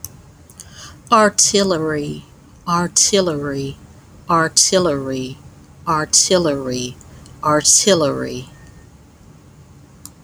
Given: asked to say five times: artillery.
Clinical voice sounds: repeated word; female; 40 to 49 years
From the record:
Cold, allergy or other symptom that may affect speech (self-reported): no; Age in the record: 42 years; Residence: Georgia, United States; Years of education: 16

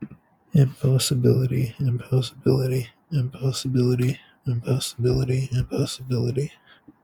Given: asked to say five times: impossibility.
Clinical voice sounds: repeated word; male; 30 to 39 years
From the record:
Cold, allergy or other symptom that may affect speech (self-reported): no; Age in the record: 32 years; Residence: California, United States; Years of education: 18

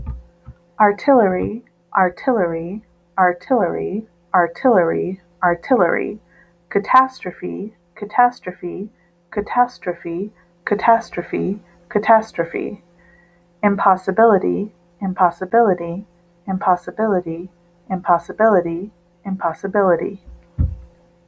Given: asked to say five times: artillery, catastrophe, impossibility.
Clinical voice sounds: three words, each repeated; female; 30 to 39 years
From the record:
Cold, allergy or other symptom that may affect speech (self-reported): no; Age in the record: 37 years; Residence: Ohio, United States

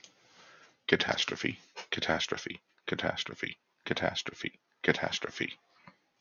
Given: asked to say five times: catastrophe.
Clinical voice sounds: repeated word; male; 30 to 39 years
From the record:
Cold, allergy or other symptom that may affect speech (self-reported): no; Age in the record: 39 years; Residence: Massachusetts, United States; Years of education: 16

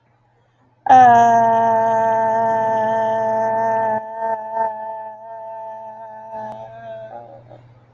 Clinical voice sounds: vowel held as long as possible; female; 30 to 39 years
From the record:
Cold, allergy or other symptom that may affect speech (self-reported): no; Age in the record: 34 years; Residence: Georgia, United States

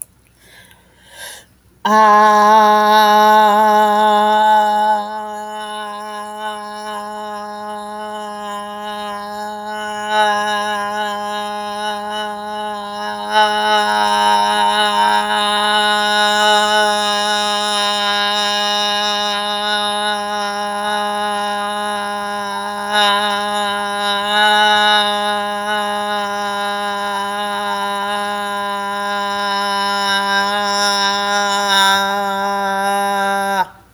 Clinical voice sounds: vowel held as long as possible; female; 30 to 39 years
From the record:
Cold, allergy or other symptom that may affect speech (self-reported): no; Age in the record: 33 years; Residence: Nevada, United States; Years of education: 16

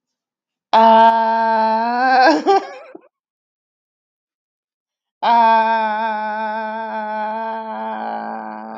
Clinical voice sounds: vowel held as long as possible; female; 40 to 49 years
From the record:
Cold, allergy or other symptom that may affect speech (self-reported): no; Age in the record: 40 years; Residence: North Carolina, United States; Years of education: 14

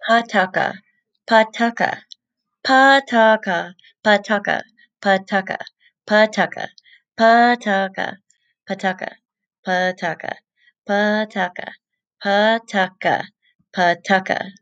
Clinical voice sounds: repeated syllables /pa ta ka/; female; 20 to 29 years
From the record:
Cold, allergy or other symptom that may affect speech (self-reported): no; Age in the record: 28 years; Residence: Colorado, United States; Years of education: 12

